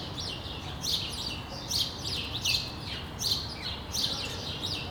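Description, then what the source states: Sparrow chirping, short bright chirps repeated in bursts roughly every second, with steady low background hum. Sparrows on Rue de l'épargne, Brussels, Belgium, recorded on World Sparrow Day with Lom mikroUši AB microphones into a Deity PR-2 recorder.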